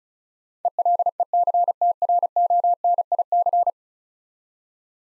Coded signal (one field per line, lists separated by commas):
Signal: Morse code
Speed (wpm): 34 wpm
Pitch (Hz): 700 Hz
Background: none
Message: ELECTRONIC